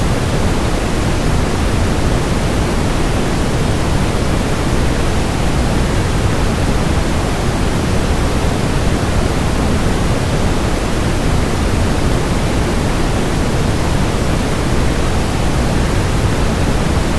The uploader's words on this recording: Relaxing Waterfall Sounds.